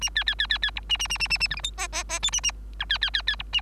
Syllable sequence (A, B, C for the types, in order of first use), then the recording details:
A B B B B B C A A A A A A D E F G G G H A A I B B B B C A. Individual Bird3